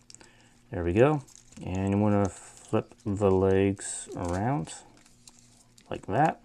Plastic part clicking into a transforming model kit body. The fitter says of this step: I shoot this click in place there